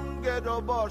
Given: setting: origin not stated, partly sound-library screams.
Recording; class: one-second piece from a danger detection set; normal situation